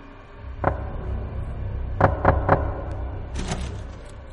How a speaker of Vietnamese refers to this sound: Thế rồi, cô Thơm vẫn còn đang sững sờ, thì hai con người giấy đã lên đến cửa. Tiếng gõ cửa vang lên.